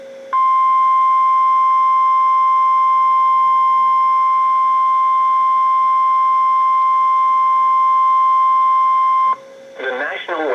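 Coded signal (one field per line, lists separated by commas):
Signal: Emergency Alert System (SAME) tones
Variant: 1050 Hz attention tone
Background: speech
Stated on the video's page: Tornado Watch EAS received on two weather radio stations.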